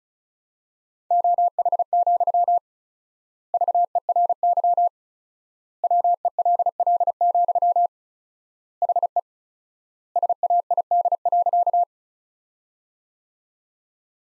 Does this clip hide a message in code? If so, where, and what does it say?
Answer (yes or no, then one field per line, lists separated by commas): yes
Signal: Morse code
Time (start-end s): 1.1-11.8 s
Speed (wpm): 36 wpm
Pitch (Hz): 700 Hz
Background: none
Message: OH, VERY WELL, HE SAID.